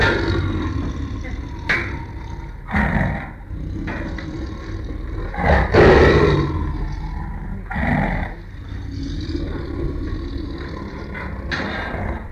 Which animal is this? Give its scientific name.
Panthera tigris